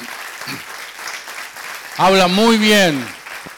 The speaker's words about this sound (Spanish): Así que, ¿qué les parece si le damos un aplauso para honrar al Señor, pero para también reconocer la acción de su pastor?